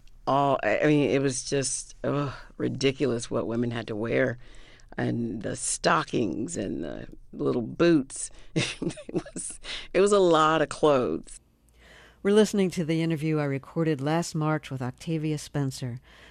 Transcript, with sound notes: All - I mean, it was just ridiculous what women had to wear - and the stockings and the little boots. (Laughter) It was a lot of clothes.
We're listening to the interview I recorded last March with Octavia Spencer.